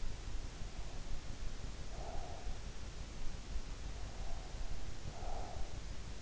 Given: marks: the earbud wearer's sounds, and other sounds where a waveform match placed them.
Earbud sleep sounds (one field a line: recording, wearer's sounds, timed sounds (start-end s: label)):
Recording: sounds in sleep by an in-ear microphone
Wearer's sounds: breath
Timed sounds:
0.90-2.43 s: breath
4.08-5.74 s: breath